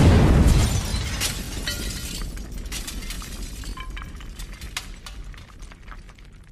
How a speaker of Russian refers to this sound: Следом обломками осыпалась на спину сорванная взрывной волной дверь, штукатурка, куски плитки. Взрыв показался оглушительным. Но тут же все стихло, оставив в ушах звон.